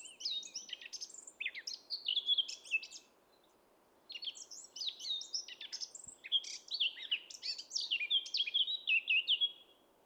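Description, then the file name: Eurasian blackcap song: two rich, fast warbling bursts of varied chirps and whistles, the first ending around three seconds, the second ending with clear whistled notes. "Sylvia atricapilla"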